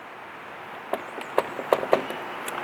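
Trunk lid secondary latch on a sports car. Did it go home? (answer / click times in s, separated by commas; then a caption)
no / none. On a Nissan Nismo 370Z sports car, the trunk lid is lifted after the rectangular button under the Nissan logo pops it, but a secondary latch still holds it down. The lid rattles against the latch in sharp knocks at about 0.9, 1.4, 1.7, 1.9 and 2.6 seconds over a steady background hiss. Nothing has clicked or released yet, and the trunk does not open.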